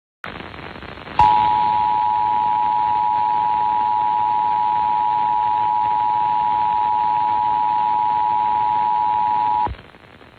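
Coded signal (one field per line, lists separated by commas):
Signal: Emergency Alert System (SAME) tones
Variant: 853 and 960 Hz attention tone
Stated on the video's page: Required monthly test caught on a 1450 AM broadcast station, without SAME tones.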